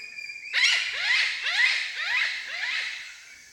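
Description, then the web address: Eclectus parrot giving a series of harsh, descending screeches, about two per second. Indonesia. "ULM-DS-Lab indonesian-bird-sounds. Eclectus roratus"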